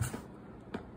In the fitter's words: don't know why i said leb in the other video we were trying to explain this but we heard the snap